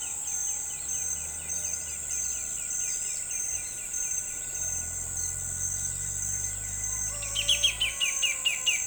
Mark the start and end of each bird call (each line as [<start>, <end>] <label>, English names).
[7.24, 8.86] Pale-legged Hornero